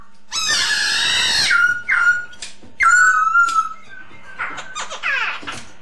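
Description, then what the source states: Masked laughingthrush song: a long harsh, buzzy burst, then loud whistled notes falling in pitch, followed by shorter scratchy and slurred notes. Lure sound (Indonesian 'suara pancingan') of the Poksay Hongkong.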